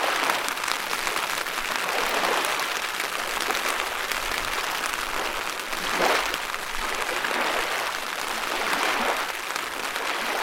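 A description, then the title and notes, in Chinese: A surging river runs steadily through all ten seconds, a dense hiss of rushing water. The roar stays even in loudness, with slow swells near the sixth and ninth seconds where the wash brightens briefly. Fine crackling patters run through it, like rain on the surface. 江河涌涌·北镜凌雨。如此大江已有了海的声形，糁入嫩凉的晨中清凉的雨。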